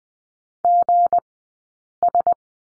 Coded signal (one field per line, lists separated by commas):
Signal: Morse code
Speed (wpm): 20 wpm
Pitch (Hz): 700 Hz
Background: none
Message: GS